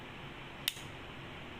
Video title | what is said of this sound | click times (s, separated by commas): #DSLR #NikonD5300 #Basics Of Nikon D5300 | इसको हम को घुमाना पड़ता है बहुत ही आराम से एक आवाज है कि कट आप ध्यान से सुनना | 0.7 s